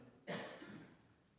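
A single abrupt cough from an adult man with a cold: a sharp, loud explosive burst followed by a brief fading, slightly voiced tail. One isolated cough, heard in a quiet indoor room.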